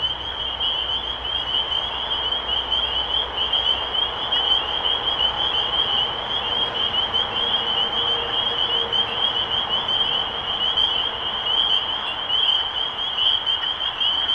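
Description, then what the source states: Spring peepers in a dense chorus, countless high, piercing peeps merging into an unbroken shrill wall of sound over a low background hiss. Recorded 23 March 2012.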